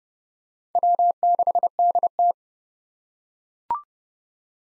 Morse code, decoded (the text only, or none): W6DT